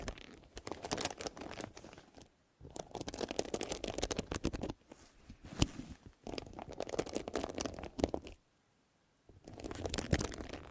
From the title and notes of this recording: ASMR 9 New Tingle Triggers + Mic Test Deep Ear Crinkles, Clicky, Scratchy, Massage （No Talking）.